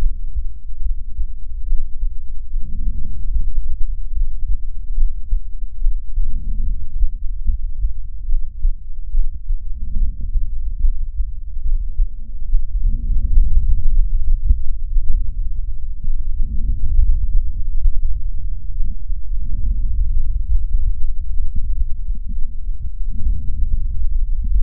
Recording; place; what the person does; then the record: lung sounds by stethoscope; left anterior apical chest; quiet breathing, then deep breathing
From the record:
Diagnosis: interstitial lung disease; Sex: female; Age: 72 years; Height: 153 cm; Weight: 71 kg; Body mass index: 30.3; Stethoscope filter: bell mode